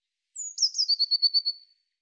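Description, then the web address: Eurasian blue tit giving a high, thin descending whistle that breaks into a rapid trill of repeated notes, lasting just over a second, with nothing else heard. "Deverinetal"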